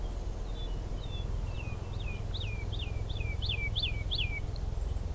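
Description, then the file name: Woodlark song: a series of clear, downslurred whistled notes repeated in quick succession, swelling in strength, over a steady low rumble. Recorded on 16 March 2023 along a lower path. "Alouettes-lulu 2023-03-16 sentier bas"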